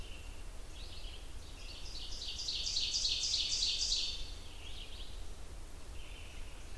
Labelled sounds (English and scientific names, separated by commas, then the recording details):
Ovenbird (Seiurus aurocapilla) song
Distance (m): 40 m
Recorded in boreal forest in Alberta, Canada, on 29 June 2016 at 06:53
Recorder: SongMeter 3, array SBT-6-79
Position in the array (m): 16 m, 117 m
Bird 40